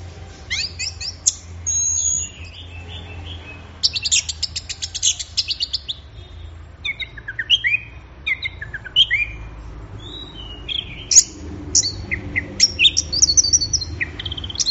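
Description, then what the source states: Orange-headed thrush song: rapid buzzy trills and quick high whistles in a long, varied stream, with short gaps between phrases. Bird in full, intense song (gacor teler), used for training songbirds; Indonesian name anis merah.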